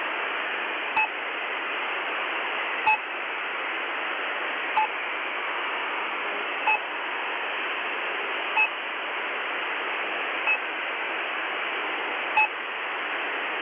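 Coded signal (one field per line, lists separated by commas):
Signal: channel marker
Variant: The Pip imitation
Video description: Likely to be a Russian radio pirate rather than a military channel marker, this is a particularly strong signal currently broadcasting constantly. The normal marker is very similar to the pip channel marker usually found on either 5448 kHz (day) or 3756 kHz (night).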